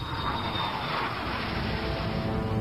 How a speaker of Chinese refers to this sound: 1967年6月17日早晨，载有氢弹的飞机终于进入罗布泊上空。